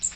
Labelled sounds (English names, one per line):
Magnolia Warbler flight call